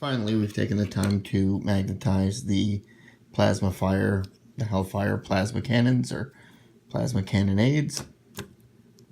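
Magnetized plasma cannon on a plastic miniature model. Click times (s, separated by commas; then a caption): 8.4 s. A magnetized plasma cannon part is attached to a plastic miniature model while someone talks. A sharp tick is heard at 8.4 seconds as the cannon snaps into place and seats.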